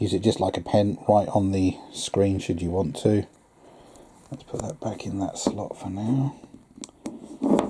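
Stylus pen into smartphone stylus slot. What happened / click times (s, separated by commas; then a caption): The stylus clicked home in its slot / 6.8 s. Someone talks while a plastic stylus pen is pushed back into the stylus slot in the body of a Samsung Galaxy S23 Ultra phone. It clicks at 6.8 s and stays seated, held in place.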